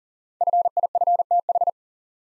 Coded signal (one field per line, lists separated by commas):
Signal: Morse code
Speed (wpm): 38 wpm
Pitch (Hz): 700 Hz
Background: none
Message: FIFTH